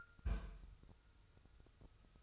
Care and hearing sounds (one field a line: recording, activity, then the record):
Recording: daily activity, microphone in the room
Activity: place on stove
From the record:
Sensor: 2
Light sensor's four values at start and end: 6/15/6/6 and 6/15/6/6